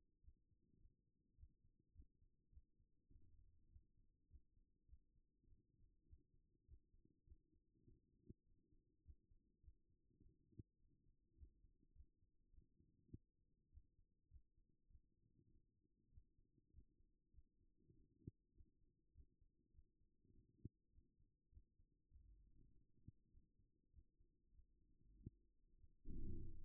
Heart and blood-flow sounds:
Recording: heart sounds by stethoscope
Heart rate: 101 bpm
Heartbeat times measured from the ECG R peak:
0.21 s: heartbeat
0.78 s: heartbeat
1.35 s: heartbeat
1.93 s: heartbeat
2.50 s: heartbeat
3.08 s: heartbeat
3.68 s: heartbeat
4.28 s: heartbeat
4.86 s: heartbeat
5.45 s: heartbeat
6.05 s: heartbeat
6.66 s: heartbeat
7.25 s: heartbeat
7.84 s: heartbeat
8.44 s: heartbeat
9.03 s: heartbeat
9.61 s: heartbeat
10.19 s: heartbeat
10.77 s: heartbeat
11.35 s: heartbeat
11.93 s: heartbeat
12.51 s: heartbeat
13.10 s: heartbeat
13.70 s: heartbeat
14.29 s: heartbeat
14.88 s: heartbeat
15.48 s: heartbeat
16.10 s: heartbeat
16.71 s: heartbeat
17.31 s: heartbeat
17.92 s: heartbeat
18.53 s: heartbeat
19.12 s: heartbeat
19.71 s: heartbeat
20.31 s: heartbeat
20.90 s: heartbeat
21.50 s: heartbeat
22.09 s: heartbeat
22.68 s: heartbeat
23.29 s: heartbeat
23.91 s: heartbeat
24.52 s: heartbeat
25.13 s: heartbeat
25.76 s: heartbeat
26.38 s: heartbeat
From the record:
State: after exercise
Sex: female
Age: 33 years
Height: 160 cm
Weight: 54 kg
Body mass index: 21.09

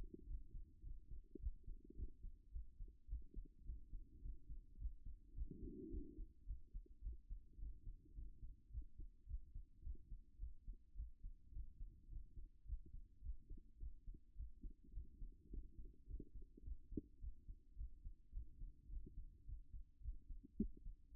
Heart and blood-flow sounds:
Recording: heart sounds by stethoscope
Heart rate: 107 bpm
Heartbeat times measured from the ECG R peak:
0.25 s: heartbeat
0.81 s: heartbeat
1.38 s: heartbeat
1.94 s: heartbeat
2.50 s: heartbeat
3.07 s: heartbeat
3.63 s: heartbeat
4.20 s: heartbeat
4.76 s: heartbeat
5.32 s: heartbeat
5.88 s: heartbeat
6.44 s: heartbeat
7.00 s: heartbeat
7.57 s: heartbeat
8.13 s: heartbeat
8.69 s: heartbeat
9.25 s: heartbeat
9.81 s: heartbeat
10.37 s: heartbeat
10.94 s: heartbeat
11.50 s: heartbeat
12.07 s: heartbeat
12.64 s: heartbeat
13.20 s: heartbeat
13.77 s: heartbeat
14.34 s: heartbeat
14.91 s: heartbeat
15.48 s: heartbeat
16.05 s: heartbeat
16.62 s: heartbeat
17.18 s: heartbeat
17.74 s: heartbeat
18.31 s: heartbeat
18.87 s: heartbeat
19.43 s: heartbeat
19.99 s: heartbeat
20.55 s: heartbeat
21.11 s: heartbeat
From the record:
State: after exercise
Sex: male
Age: 40 years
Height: 190 cm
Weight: 114 kg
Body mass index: 31.58

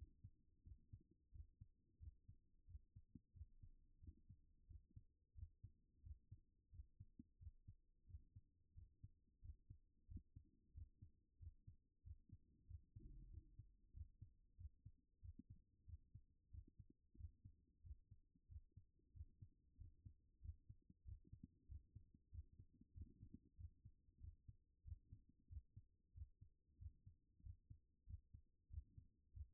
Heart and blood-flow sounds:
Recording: heart sounds by stethoscope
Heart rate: 93 bpm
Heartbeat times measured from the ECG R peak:
0.61 s: heartbeat
1.30 s: heartbeat
1.97 s: heartbeat
2.64 s: heartbeat
3.31 s: heartbeat
3.98 s: heartbeat
4.65 s: heartbeat
5.32 s: heartbeat
6.00 s: heartbeat
6.69 s: heartbeat
7.37 s: heartbeat
8.05 s: heartbeat
8.72 s: heartbeat
9.39 s: heartbeat
10.05 s: heartbeat
10.71 s: heartbeat
11.37 s: heartbeat
12.01 s: heartbeat
12.65 s: heartbeat
13.28 s: heartbeat
13.91 s: heartbeat
14.55 s: heartbeat
15.19 s: heartbeat
15.84 s: heartbeat
16.48 s: heartbeat
17.14 s: heartbeat
17.81 s: heartbeat
18.46 s: heartbeat
19.11 s: heartbeat
19.75 s: heartbeat
20.39 s: heartbeat
21.02 s: heartbeat
21.65 s: heartbeat
22.29 s: heartbeat
22.92 s: heartbeat
23.55 s: heartbeat
24.18 s: heartbeat
24.82 s: heartbeat
25.46 s: heartbeat
26.12 s: heartbeat
26.76 s: heartbeat
27.40 s: heartbeat
28.04 s: heartbeat
28.67 s: heartbeat
29.31 s: heartbeat
From the record:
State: at rest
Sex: male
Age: 39 years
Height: 186 cm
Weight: 113 kg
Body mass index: 32.66

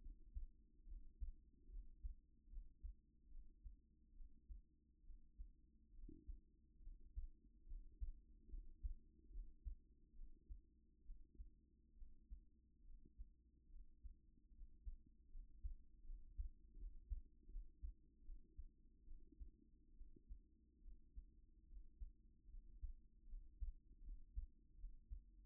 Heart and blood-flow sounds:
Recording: heart sounds by stethoscope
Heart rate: 72 bpm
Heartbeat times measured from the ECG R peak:
0.86 s: heartbeat
1.68 s: heartbeat
2.48 s: heartbeat
3.29 s: heartbeat
4.14 s: heartbeat
5.03 s: heartbeat
5.92 s: heartbeat
6.81 s: heartbeat
7.66 s: heartbeat
8.48 s: heartbeat
9.29 s: heartbeat
10.13 s: heartbeat
11.02 s: heartbeat
11.95 s: heartbeat
12.83 s: heartbeat
13.69 s: heartbeat
14.51 s: heartbeat
15.29 s: heartbeat
16.03 s: heartbeat
16.76 s: heartbeat
17.47 s: heartbeat
18.22 s: heartbeat
19.05 s: heartbeat
19.94 s: heartbeat
20.81 s: heartbeat
21.66 s: heartbeat
22.47 s: heartbeat
23.26 s: heartbeat
24.01 s: heartbeat
24.75 s: heartbeat
From the record:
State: at rest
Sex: female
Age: 28 years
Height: 167 cm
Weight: 60 kg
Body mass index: 21.51

